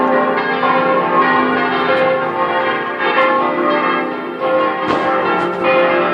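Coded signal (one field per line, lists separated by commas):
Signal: bell signal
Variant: full peal, six bells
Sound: several large church bells swinging together in a continuous, overlapping clangorous peal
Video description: -h. 10:30: segnale orario della mezza sulla 3^ Mi3 e Plenum solenne pasquale mezz' ora prima della messa delle 11:00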